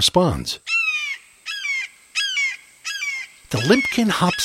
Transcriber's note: Call of Red-shouldered Hawk